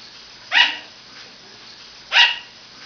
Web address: paul. sugar Glider